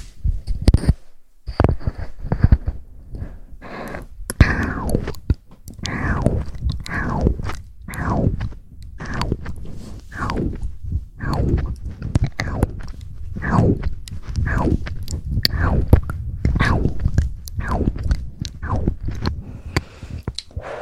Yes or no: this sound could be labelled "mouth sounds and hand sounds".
yes